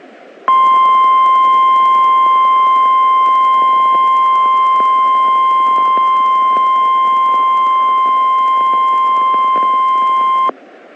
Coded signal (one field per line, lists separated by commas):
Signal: Emergency Alert System (SAME) tones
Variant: 1050 Hz attention tone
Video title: Tornado Watch (EAS #426)